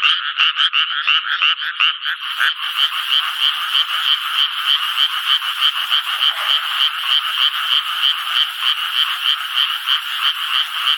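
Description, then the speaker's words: Japanese tree frog calls, a quick series of harsh croaks about three per second, joined after about two seconds by a steady high hiss. Frogs begin calling when rain seems about to fall or when it turns cool in the evening; heard from June onward. "雨が降り出しそうなときや夕方になって涼しくなりますと、カエルは鳴き始めるわけですね。"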